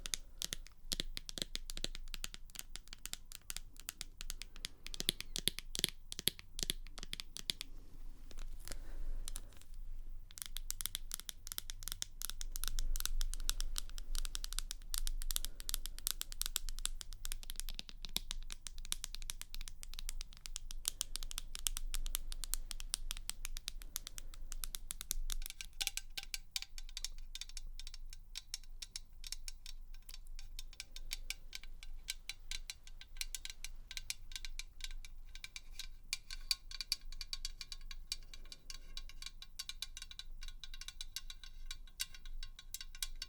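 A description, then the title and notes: Rapid, dense tapping clicks run throughout, crisp and bright, with brief pauses near ten seconds and a busier, crinkly texture after twenty-five. Tapping.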